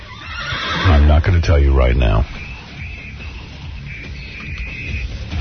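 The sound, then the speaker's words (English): A loud horse whinny lasting over a second, its high, quavering pitch wobbling up and down before cutting off, followed by a stretch of low, hissy background noise. “He was petting a horse, and the horse bit his private parts almost completely off, and it is a chilling tale.”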